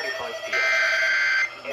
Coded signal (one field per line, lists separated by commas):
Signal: Emergency Alert System (SAME) tones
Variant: header bursts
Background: speech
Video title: THE MCLEANFEST 2: TOR-C TERROR | EAS #452-545